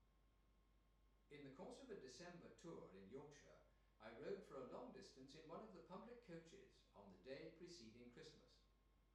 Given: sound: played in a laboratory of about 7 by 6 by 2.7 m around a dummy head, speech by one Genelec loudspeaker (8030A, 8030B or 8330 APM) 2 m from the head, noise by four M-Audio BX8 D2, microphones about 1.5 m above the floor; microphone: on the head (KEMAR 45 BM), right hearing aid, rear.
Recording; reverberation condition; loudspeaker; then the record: male speech in English; medium; 120 degrees to the left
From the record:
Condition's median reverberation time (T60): about 510 ms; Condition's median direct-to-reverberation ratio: about -0.5 dB